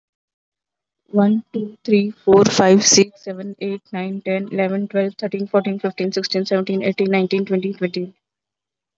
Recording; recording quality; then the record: counting at a fast pace; moderate, slight background noise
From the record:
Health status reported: healthy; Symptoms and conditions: none ticked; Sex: female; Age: 27 years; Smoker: not ticked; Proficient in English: yes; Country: India